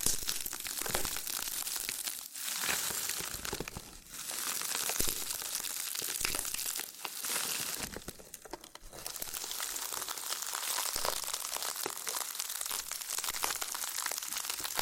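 A loofah is rubbed, peeled and crinkled in dense, bright scratchy bursts, with brief quieter gaps near two, four, seven and eight seconds.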